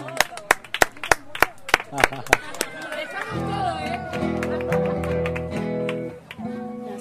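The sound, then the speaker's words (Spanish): Sharp, steady rhythmic clapping from an audience applauding dancers, beating at a quick even pace; after a few seconds, sustained voices and music rise beneath it while scattered claps continue. “Un aplauso a las bailarinas acá.”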